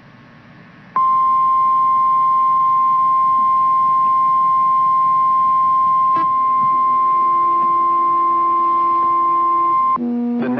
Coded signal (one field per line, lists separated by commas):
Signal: Emergency Alert System (SAME) tones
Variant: 1050 Hz attention tone